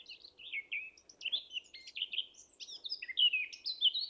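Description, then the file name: Eurasian blackcap song, a run of clear fluty, slurred notes mixed with quick twitters, growing louder near the finish. "Sylvia atricapilla"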